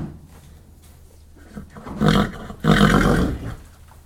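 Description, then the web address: Horse giving two loud, rough, low whickering bursts in quick succession. Several horses in stables, one particularly dominant horse whickering in close perspective. "Sound Effects-BBC Horses Stables. horse whickering in stables one particularly dominant close perspective"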